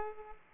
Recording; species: mosquito wingbeat signal from an infrared sensor; Aedes aegypti